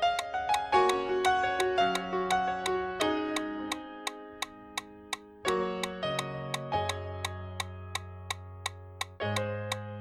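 A metronome ticks sharply and evenly at a brisk running cadence over sustained piano chords that change every second or two.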